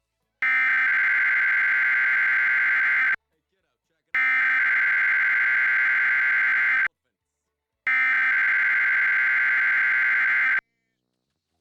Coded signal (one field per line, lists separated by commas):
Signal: Emergency Alert System (SAME) tones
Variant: header bursts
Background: speech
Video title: EAS Required Weekly Test on TBD. (WUPA 69) (11/23/2023)